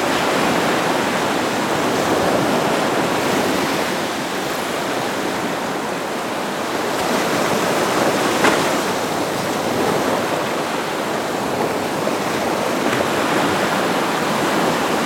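Surf on the Atlantic coast of Portugal, a dense, steady roar of breaking water with no pauses between waves. The wash fills the range from low rumble to bright hiss, with a slight swell near eight seconds.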